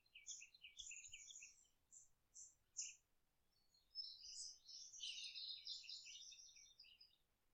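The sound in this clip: Bird song, a run of short, high, separate notes followed by a dense, jumbled twittering phrase.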